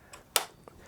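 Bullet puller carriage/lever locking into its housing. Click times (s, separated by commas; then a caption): 0.4 s. A metal, spring-driven bullet puller, a Frankford Arsenal Pile Driver, is reset so its carriage and lever lock back into the housing. One sharp, bright metallic click lands at 0.4 s, with a faint tick just before it and a softer small tap after. The mechanism is locked back in place.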